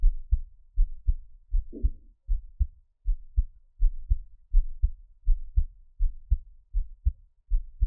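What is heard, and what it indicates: A person's own normal heartbeat, heard through a close microphone, with no talking.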